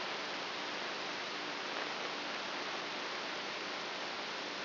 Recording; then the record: brain microelectrode recording played as sound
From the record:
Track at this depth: inside the subthalamic nucleus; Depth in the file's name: 5.64 mm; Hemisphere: right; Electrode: 2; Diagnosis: Parkinson's disease